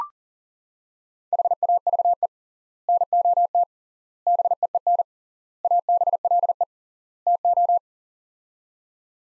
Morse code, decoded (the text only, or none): HAVE NOT BEEN ABLE TO